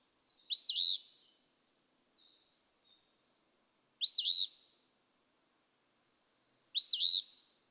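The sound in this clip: Eastern phoebe song: three burry two-part 'fee-bee' phrases, each rising then buzzy, spaced about three seconds apart against a quiet background.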